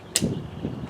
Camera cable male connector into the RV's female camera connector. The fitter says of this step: push it in until it snaps.